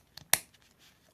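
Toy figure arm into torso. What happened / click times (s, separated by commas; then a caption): The toy arm clicked into place / 0.3 s. During the transformation of a plastic Transformers Masterpiece MP-02 Soundwave cassette figure, Rumble, its arms are pushed inward into the torso until they lock. A faint tap at 0.2 s is followed by one sharp, loud click at 0.3 s as the arms seat in place.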